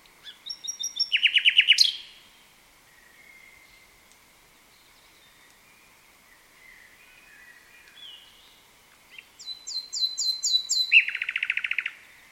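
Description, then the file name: Common nightingale song with two loud phrases separated by a long quiet gap, each building into a rapid, harsh repeated trill, with soft notes in between. "Luscinia megarhynchos"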